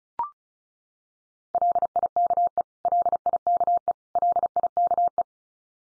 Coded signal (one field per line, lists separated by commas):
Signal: Morse code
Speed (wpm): 34 wpm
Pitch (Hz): 700 Hz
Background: none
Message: LIKE LIKE LIKE